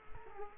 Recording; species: mosquito wingbeat signal from an infrared sensor; Culex quinquefasciatus